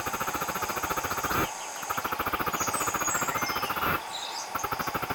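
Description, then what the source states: Cicada song, a harsh rapid pulsing buzz broken by two short pauses, with faint higher chirping notes in the background. Recorded in Bulgaria.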